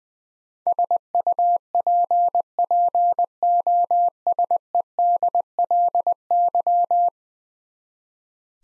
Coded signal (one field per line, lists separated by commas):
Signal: Morse code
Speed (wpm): 20 wpm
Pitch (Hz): 700 Hz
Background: none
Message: SUPPOSEDLY